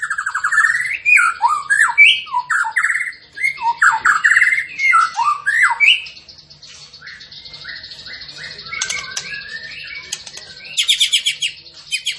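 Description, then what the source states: Tembakan bird delivering rapid looping whistled phrases for six seconds, then a softer buzzy rattling passage before high chattering notes return. Masteran training recording of a tembakan songbird in full, active song.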